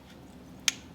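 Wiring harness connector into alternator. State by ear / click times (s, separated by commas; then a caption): seated / 0.7 s. A wiring harness electrical connector is pushed onto a replacement alternator in a Lincoln Town Car / Mercury Grand Marquis. A single short, sharp snap is heard at 0.7 s over a quiet low background. The connector clicks and is seated in the alternator.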